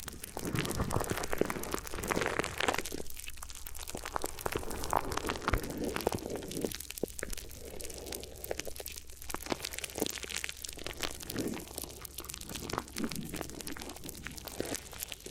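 Crinkly ear massage: steady, dense crinkling and crunching with no real pauses, bright and scratchy throughout. Sharp crackles cluster irregularly, with brief fuller, softer rustling swells around two seconds and again near five and eleven seconds.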